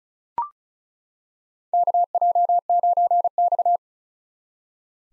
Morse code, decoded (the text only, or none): KJ9X